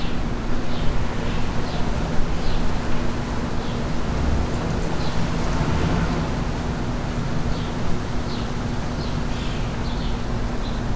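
Steady wind roars over a low drone and a faint hum, with soft repeated chirps of birds every second or so.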